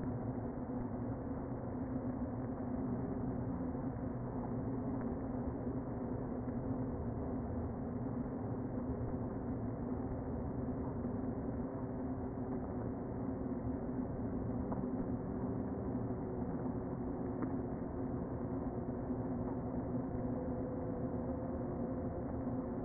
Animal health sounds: honeybee colony, microphone inside the hive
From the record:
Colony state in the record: queen present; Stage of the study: before two queens were removed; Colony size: about 60,000 bees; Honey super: yes

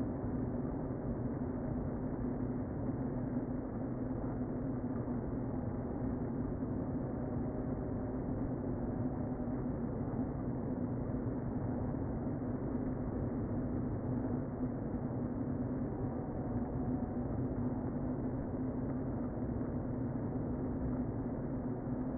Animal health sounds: honeybee colony, microphone inside the hive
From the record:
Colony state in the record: queen present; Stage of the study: before two queens were removed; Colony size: about 60,000 bees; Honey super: yes

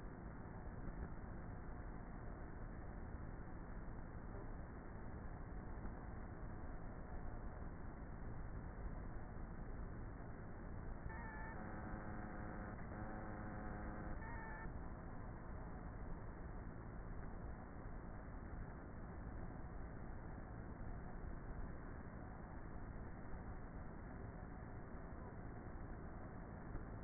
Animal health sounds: honeybee colony, microphone inside the hive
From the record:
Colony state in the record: queenless with a low population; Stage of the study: before two queens were removed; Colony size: about 30,000 bees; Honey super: no

